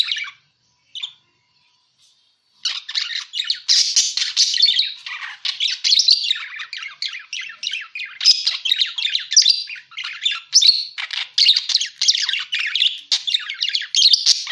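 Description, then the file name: Parakeet: after a quiet opening with a few soft notes, parakeet chatter starts and continues steadily: rapid twittering, clicks and squeaky warbles. Lure sound used for catching birds. "pancingan suara burung parkit"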